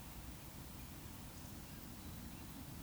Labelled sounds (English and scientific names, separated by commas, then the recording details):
Eurasian Woodcock (Scolopax rusticola) whistle
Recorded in Baden-Württemberg, Germany, on 19 June 2020 at 19:48 UTC
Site 44397, 226 m above sea level